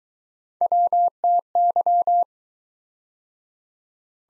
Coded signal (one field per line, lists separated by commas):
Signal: Morse code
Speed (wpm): 24 wpm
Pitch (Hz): 700 Hz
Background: none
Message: WTY